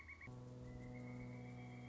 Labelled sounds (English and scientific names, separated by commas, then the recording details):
Pileated Woodpecker (Dryocopus pileatus)
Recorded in Sonoma County, California